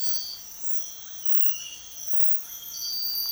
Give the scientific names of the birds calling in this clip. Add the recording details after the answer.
Psarocolius angustifrons. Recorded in dense forest near Puerto Asís, Putumayo, Colombia, on 19 February 2024 at 06:00. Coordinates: 0.502, -76.326. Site G6460